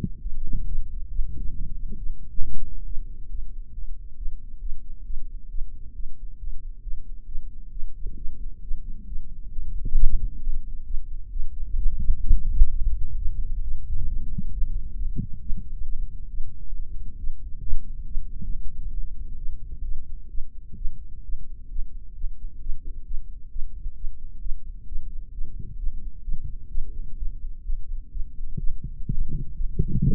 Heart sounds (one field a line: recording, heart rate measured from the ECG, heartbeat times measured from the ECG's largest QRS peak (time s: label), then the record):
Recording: heart sounds by microphone in the right ear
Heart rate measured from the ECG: 133 bpm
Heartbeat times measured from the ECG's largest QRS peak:
0.22 s: heartbeat
0.67 s: heartbeat
1.11 s: heartbeat
1.55 s: heartbeat
1.99 s: heartbeat
2.42 s: heartbeat
2.86 s: heartbeat
3.31 s: heartbeat
3.74 s: heartbeat
4.18 s: heartbeat
4.61 s: heartbeat
5.05 s: heartbeat
5.50 s: heartbeat
5.95 s: heartbeat
6.39 s: heartbeat
6.83 s: heartbeat
7.27 s: heartbeat
7.72 s: heartbeat
8.17 s: heartbeat
8.63 s: heartbeat
9.08 s: heartbeat
9.53 s: heartbeat
9.97 s: heartbeat
10.41 s: heartbeat
10.86 s: heartbeat
11.32 s: heartbeat
11.78 s: heartbeat
12.25 s: heartbeat
12.71 s: heartbeat
13.17 s: heartbeat
13.63 s: heartbeat
14.08 s: heartbeat
14.53 s: heartbeat
14.97 s: heartbeat
15.42 s: heartbeat
15.86 s: heartbeat
16.30 s: heartbeat
16.74 s: heartbeat
17.19 s: heartbeat
17.63 s: heartbeat
18.07 s: heartbeat
18.50 s: heartbeat
18.94 s: heartbeat
19.38 s: heartbeat
19.84 s: heartbeat
20.30 s: heartbeat
20.77 s: heartbeat
21.24 s: heartbeat
21.71 s: heartbeat
22.16 s: heartbeat
22.61 s: heartbeat
23.06 s: heartbeat
23.51 s: heartbeat
23.96 s: heartbeat
24.41 s: heartbeat
24.87 s: heartbeat
25.33 s: heartbeat
25.79 s: heartbeat
26.24 s: heartbeat
26.70 s: heartbeat
27.17 s: heartbeat
27.65 s: heartbeat
28.12 s: heartbeat
28.59 s: heartbeat
29.08 s: heartbeat
29.56 s: heartbeat
30.04 s: heartbeat
From the record:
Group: healthy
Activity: rest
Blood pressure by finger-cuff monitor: 114/78 mmHg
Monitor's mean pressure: 91 mmHg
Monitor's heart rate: 133 bpm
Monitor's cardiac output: 11 L/min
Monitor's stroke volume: 81 mL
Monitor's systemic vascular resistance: 590 dyn s/cm5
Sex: female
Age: 19 years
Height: 163 cm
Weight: 51 kg